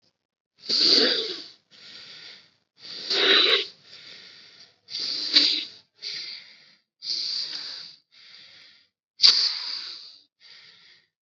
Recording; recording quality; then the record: deep breathing; excellent, no background noise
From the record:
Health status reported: COVID-19 positive, mild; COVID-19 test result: positive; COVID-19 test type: rapid antigen test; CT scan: not taken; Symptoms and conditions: cough, fever, muscle pain, diarrhoea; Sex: male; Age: 27 years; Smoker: no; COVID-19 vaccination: none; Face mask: not worn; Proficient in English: yes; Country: India